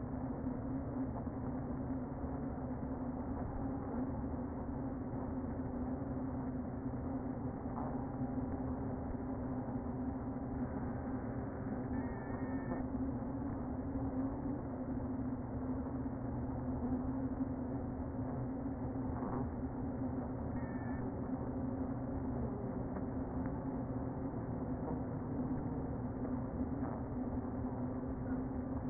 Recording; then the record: honeybee colony, microphone inside the hive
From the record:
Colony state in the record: queen present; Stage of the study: before two queens were removed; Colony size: about 60,000 bees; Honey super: yes